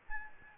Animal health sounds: mosquito wingbeat signal from an infrared sensor; Aedes albopictus

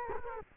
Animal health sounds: mosquito wingbeat signal from an infrared sensor; Culex quinquefasciatus

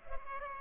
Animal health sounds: mosquito wingbeat signal from an infrared sensor; Culex pipiens

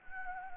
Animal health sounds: mosquito wingbeat signal from an infrared sensor; Anopheles gambiae

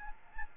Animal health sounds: mosquito wingbeat signal from an infrared sensor; Aedes albopictus

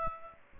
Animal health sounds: mosquito wingbeat signal from an infrared sensor; Aedes aegypti

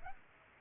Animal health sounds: mosquito wingbeat signal from an infrared sensor; Aedes aegypti

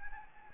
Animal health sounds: mosquito wingbeat signal from an infrared sensor; Anopheles gambiae

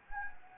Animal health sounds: mosquito wingbeat signal from an infrared sensor; Anopheles gambiae

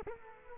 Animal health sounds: mosquito wingbeat signal from an infrared sensor; Culex quinquefasciatus

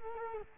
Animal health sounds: mosquito wingbeat signal from an infrared sensor; Culex quinquefasciatus

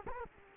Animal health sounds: mosquito wingbeat signal from an infrared sensor; Culex quinquefasciatus

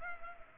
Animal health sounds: mosquito wingbeat signal from an infrared sensor; Culex pipiens

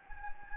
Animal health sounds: mosquito wingbeat signal from an infrared sensor; Anopheles gambiae

